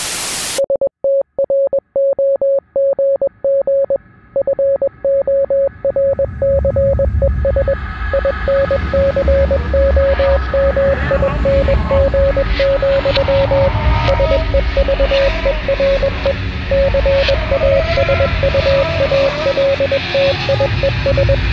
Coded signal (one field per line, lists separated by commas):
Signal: Morse code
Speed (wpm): 21 wpm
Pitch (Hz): 550 Hz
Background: radio noise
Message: STROGG FORCES INCOMING, SEVERE CASUALTIES